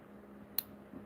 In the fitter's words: Click. And it locks. Nice.